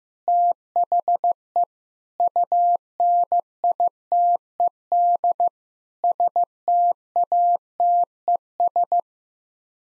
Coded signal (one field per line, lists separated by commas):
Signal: Morse code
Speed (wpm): 16 wpm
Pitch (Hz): 700 Hz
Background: none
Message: THE UNITED STATES